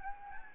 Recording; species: mosquito wingbeat signal from an infrared sensor; Anopheles gambiae